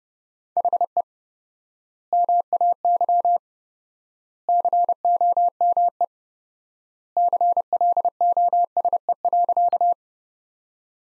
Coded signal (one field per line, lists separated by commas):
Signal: Morse code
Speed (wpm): 32 wpm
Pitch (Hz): 700 Hz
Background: none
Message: HE MAY COME CLOSE.